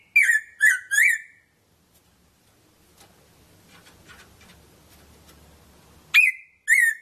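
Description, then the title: Red-throated parrotfinch: three crisp call notes in quick succession, a pause with faint ticking sounds, then two more sharp notes. "Erythrura Psittacea"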